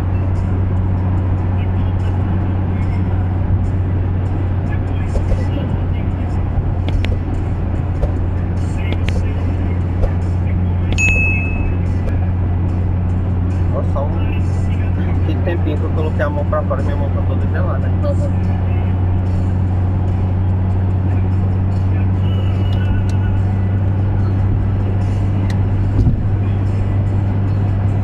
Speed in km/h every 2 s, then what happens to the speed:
105, 104, 102, 101, 101, 102, 103, 104, 105, 106, 108, 112, 112, 113.
0-8 steady at about 102. 8-28 speeds up to 113.